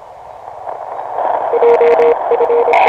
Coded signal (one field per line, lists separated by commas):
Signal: Morse code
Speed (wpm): 26 wpm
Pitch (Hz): 470 Hz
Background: radio noise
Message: JF